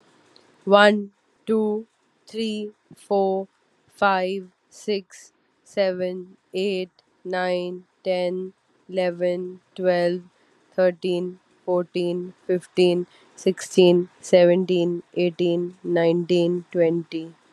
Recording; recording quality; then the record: counting at a normal pace; excellent, no background noise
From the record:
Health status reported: respiratory illness, not identified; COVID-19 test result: negative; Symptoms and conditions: none ticked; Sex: female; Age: 29 years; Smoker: not ticked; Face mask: not worn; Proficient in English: yes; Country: India